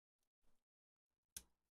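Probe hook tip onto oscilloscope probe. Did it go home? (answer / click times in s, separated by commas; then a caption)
yes / 1.4 s. A test probe hook tip is pushed onto an oscilloscope probe, with faint handling rustles at about 0.2 and 0.5 s. It snaps into place with one sharp, bright click at 1.4 s and is seated, a click style that differs from the usual probe tip ends.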